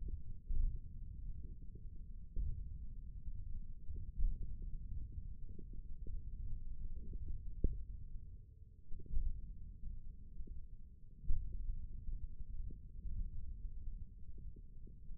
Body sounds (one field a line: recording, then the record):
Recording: forearm muscle sounds (acoustic myography)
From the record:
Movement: index flexion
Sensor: system 1, eight BSWA MPA416 microphones around the upper forearm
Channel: 1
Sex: male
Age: 28 years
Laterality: right